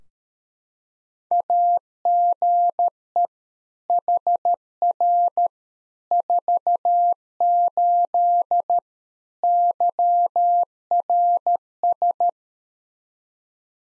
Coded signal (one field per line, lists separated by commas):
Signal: Morse code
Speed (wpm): 13 wpm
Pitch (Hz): 700 Hz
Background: none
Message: AGE HR 48 YRS